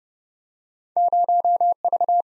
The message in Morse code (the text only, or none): 0V